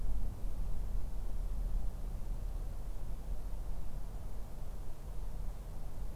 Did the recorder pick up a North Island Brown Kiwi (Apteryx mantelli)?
no